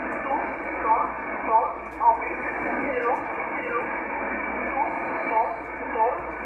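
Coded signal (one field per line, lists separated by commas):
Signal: numbers station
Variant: E11 Oblique, English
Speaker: so this comes from Poland this was a Polish E11 number station that you just heard there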